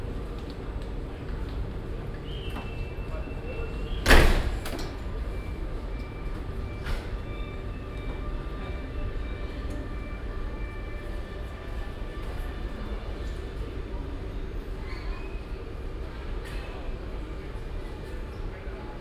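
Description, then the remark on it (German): At platform 12 of Hannover Hauptbahnhof, Germany, a single sharp thud of train doors shutting, followed by a steady low rumble and faint whining tones as the train pulls out, with muffled voices murmuring underneath. “Vorsicht an den Türen. Ihr Zug fährt jetzt ab.”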